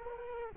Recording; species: mosquito wingbeat signal from an infrared sensor; Culex quinquefasciatus